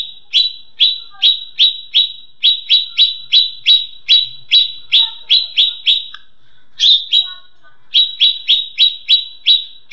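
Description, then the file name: Greater green leafbird song: a steady series of sharp, high whistled notes, each dropping in pitch, with one short break. Song in the tembakan style, named as cililinan. "cucak ijo tembakan cililinan"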